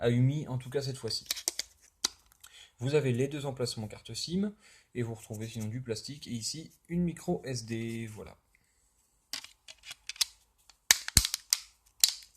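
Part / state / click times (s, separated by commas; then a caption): plastic back cover onto smartphone body / seated / 10.9 s, 11.2 s, 11.5 s, 12.0 s. Someone talks while showing the two SIM card slots and the microSD slot of a Umi Hammer S smartphone, then presses its plastic back cover onto the phone body. The cover's clips snap home one after another with sharp clicks at 10.9, 11.2, 11.5 and 12.0 seconds, and the cover is fully seated, with everything clipping in rather well.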